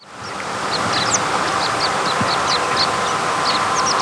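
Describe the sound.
American pipit giving many thin, high call notes in quick succession, set against a loud, even rushing noise.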